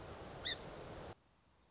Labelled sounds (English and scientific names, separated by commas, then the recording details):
Song Sparrow (Melospiza melodia)
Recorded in Sonoma County, California